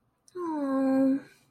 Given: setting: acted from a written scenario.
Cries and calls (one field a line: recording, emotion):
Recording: vocal sound without words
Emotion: disappointment